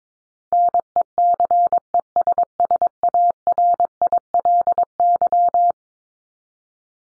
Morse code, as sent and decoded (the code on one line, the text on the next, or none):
-. . -.-. . ... ... .- .-. .. .-.. -.--
NECESSARILY